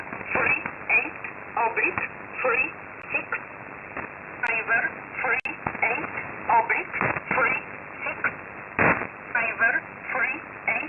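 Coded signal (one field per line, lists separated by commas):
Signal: numbers station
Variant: E11 Oblique, English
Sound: a voice reading short, evenly paced words over shortwave hiss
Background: radio static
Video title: 07 06 2021 Number station E11 Oblique in English to Eu 0900 on 7449 unknown tx site in USB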